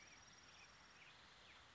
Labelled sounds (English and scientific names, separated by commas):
Black-headed Grosbeak (Pheucticus melanocephalus)